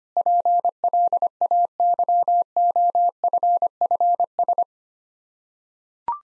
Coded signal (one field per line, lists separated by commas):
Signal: Morse code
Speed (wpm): 25 wpm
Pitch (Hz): 700 Hz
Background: none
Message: PLAYOFFS